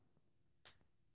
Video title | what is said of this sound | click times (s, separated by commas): Stampin Blends...quality alcohol markers SO EXCITED! #stampinblends #alcoholmarkers #colouringin | to hear the click and you know that that's on really safely right | 0.7 s